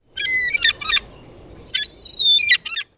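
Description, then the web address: Bird giving two loud, squealing calls, each a cluster of harsh high notes with a whistled tone inside, separated by a short pause. "Eyewitness Birds"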